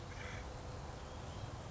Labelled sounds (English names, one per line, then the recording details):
Acorn Woodpecker
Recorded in Sonoma County, California